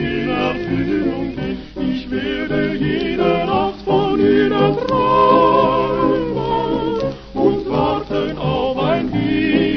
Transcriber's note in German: Gesang